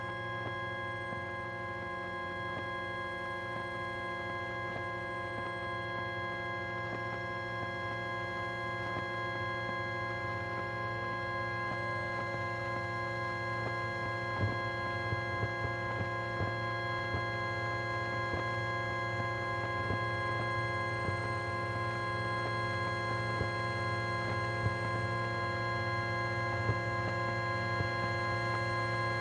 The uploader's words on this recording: By placing an Electro-Magnetic coil pick up on the bus window, I managed to capture the electrical signals and sounds of the buses hybrid electric motor spinning up. The signels where recorded on a Number 1 Bus travelling between Waterloo and New Kent Road.